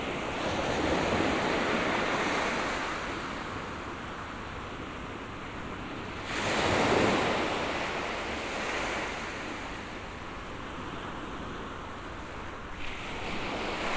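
Ocean surf rolls in a steady, dense wash of hissing water, with a stronger wave swelling and breaking around the seventh second before easing back. Quieter surges follow near nine and thirteen seconds, and a light rumble of wind sits underneath throughout.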